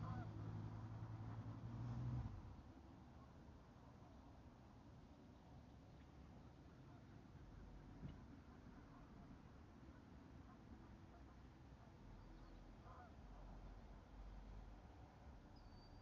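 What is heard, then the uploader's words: A day at the lake, with a steady low rumble running throughout, heaviest in the first two seconds before easing off. Faint scattered sounds sit on top, possibly duck calls or voices, with a brief sharper sound near eight seconds. A day at the lake.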